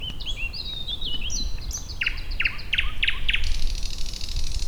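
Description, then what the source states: Thrush nightingale song: varied whistled and slurred phrases, then a run of five loud, hard, clicking notes repeated at an even pace, against steady background noise. Warta, Poland, April 2010.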